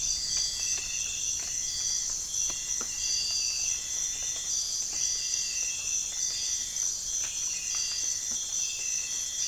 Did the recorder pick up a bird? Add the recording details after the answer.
no. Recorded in pastures near Puerto Asís, Putumayo, Colombia, on 25 June 2025 at 05:30. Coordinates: 0.466, -76.322. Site GP07